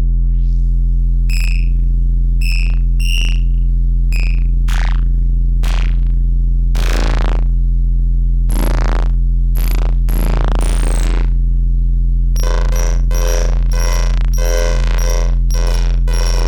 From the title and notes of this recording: This track aimed to go from a simple sine wave to textured soundscapes and rhythmic noise.